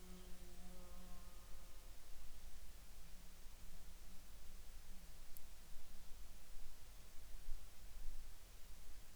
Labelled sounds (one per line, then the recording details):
insects
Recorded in the Arctic National Wildlife Refuge, Alaska, on 18 June 2019 at 11:53
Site 43